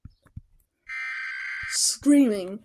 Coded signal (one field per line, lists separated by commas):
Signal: Emergency Alert System (SAME) tones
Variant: header bursts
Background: speech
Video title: Aninated Alt EAS Alarms Chaos and Mayhem! Reaction Part 3